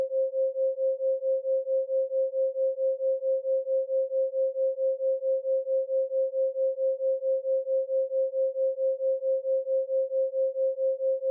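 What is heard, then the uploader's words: A binaural beat built on a steady pure tone near 528 Hz, holding one pitch for the whole clip. Its loudness pulses smoothly and evenly, about four to five swells per second, with nothing else in the background. 4.5Hz Theta Binaural Beat & 528Hz Solfeggio.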